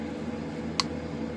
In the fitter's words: assuming that once I get it right it'll click into place just like that cool